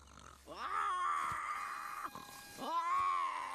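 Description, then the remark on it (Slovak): A voice imitates snoring with two long, loud, raspy drawn-out breaths, the first rising and sliding, the second starting after a brief pause and holding a growly buzzing tone. “Poviem ti, spíš ako anielik, lenže si tučný a chrápeš. Asi takto.”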